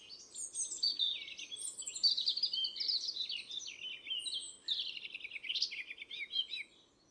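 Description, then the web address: European robin song, a continuous high warbling stream of thin trills and sliding whistles, fading out near the end over a steady low background hiss. "chant didier collin rougegorge familier"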